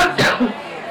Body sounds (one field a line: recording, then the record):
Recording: coughing mixed with background sound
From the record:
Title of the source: Barking cough - # 10